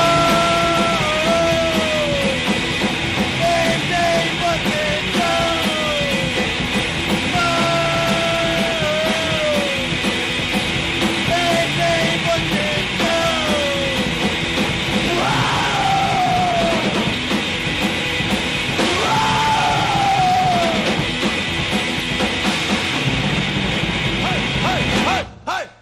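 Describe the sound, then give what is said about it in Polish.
A Nepalese punk rock song with yelled, pitch-sliding vocals over a loud, dense wall of distorted instruments, running at constant full volume before cutting off abruptly at the end. “Jak było słychać, nepalskie punki nie mają łatwo.”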